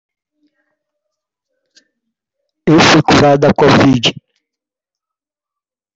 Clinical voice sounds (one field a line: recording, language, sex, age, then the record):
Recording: spoken sentence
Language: Brazilian Portuguese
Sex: male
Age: 50 to 59 years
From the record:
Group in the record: control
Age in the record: 51 years